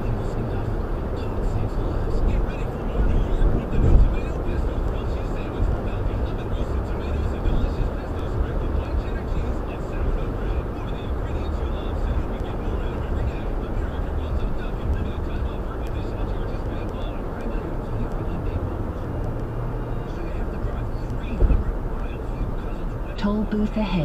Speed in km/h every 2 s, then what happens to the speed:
118, 116, 118, 118, 118, 116, 114, 114, 113, 111, 111, 109.
0-24 steady at about 114.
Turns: none.